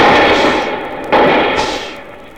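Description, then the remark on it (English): In a Laurel & Hardy audio story, a car's tires burst with loud bangs, one sharp blast following another, each trailed by a broad, hissing rush that slowly fades. No one speaks. “Well, there go the tires, Ollie.”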